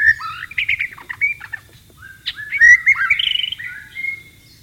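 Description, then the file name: White-rumped shama song: rich, varied whistled phrases around mid-high pitch, with quick warbled notes and a brief pause before a longer rising, sliding phrase. "suara burung murai batu di alam liar"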